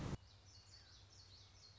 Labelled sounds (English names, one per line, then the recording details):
Common Yellowthroat
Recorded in Sonoma County, California